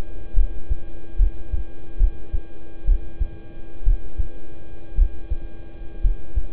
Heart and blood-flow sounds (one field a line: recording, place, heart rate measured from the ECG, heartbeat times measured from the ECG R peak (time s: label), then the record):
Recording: heart sounds by stethoscope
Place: between the tricuspid and mitral areas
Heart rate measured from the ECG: 63 bpm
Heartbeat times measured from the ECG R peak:
0.34 s: heartbeat
1.16 s: heartbeat
1.97 s: heartbeat
2.85 s: heartbeat
3.83 s: heartbeat
4.95 s: heartbeat
6.01 s: heartbeat
From the record:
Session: rest, lying down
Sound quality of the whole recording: good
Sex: male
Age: 26 years